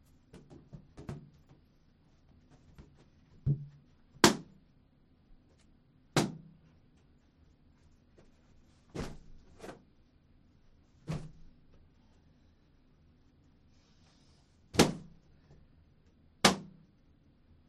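Balloons are popped one at a time with a needle, each pop a sharp, bright crack that dies away quickly. About ten pops come at irregular intervals of one to three seconds, some with a short low thump, over a faint steady low hum.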